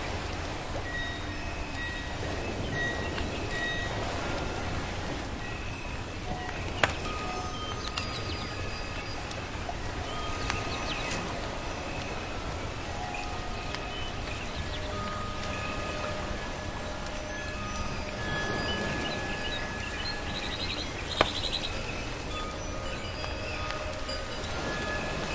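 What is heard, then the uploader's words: Soft waves and crackling firewood make a dense, steady hiss that holds level throughout. Sharp pops break through now and then, most clearly around 7 and 21 seconds. Faint, thin bird calls drift in the background. Come to the quiet and leisurely beautiful island to feel the embrace of nature, the singing of birds, soft waves and firewood.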